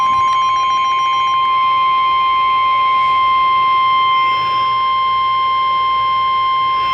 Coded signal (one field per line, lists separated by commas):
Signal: Emergency Alert System (SAME) tones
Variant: 1050 Hz attention tone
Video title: Severe T'storm Warning (EAS #665) [HD]